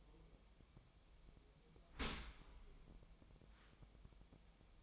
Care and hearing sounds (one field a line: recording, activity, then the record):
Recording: daily activity, microphone in the room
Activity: open dishwasher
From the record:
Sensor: 1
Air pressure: 1004.8 hPa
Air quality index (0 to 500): 108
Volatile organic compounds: 3 ppm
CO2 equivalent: 1494 ppm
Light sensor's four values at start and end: 9/22/8/9 and 9/22/8/9